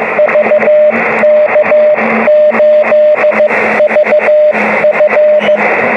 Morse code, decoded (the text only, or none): VK8VF